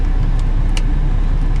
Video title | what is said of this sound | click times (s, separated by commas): How to Replace the Buttons on a RNS 510 / Columbus Head Unit. Skoda Volkswagen radio/sat-nav | chrome edge of the button set goes in first and then click in the other side. | 0.8 s